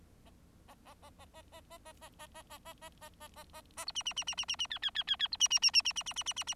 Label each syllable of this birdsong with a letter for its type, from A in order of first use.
A A A A A A A A A A A A A A A A A A A B C C C C C C C D D D D D B C C C C C C C C C C C